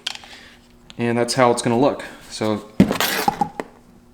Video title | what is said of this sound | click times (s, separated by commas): BavSound Stage One Speaker Upgrade - BMW M8 | let's push it down until it clicks in | 0.1 s